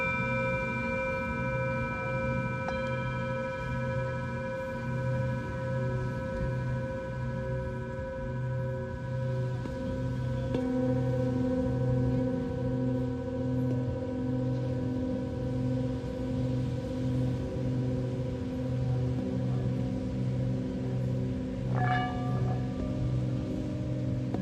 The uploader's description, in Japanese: シンギングボウルの音に加え波の音 風の音 誰かのかけてる音楽 話し声など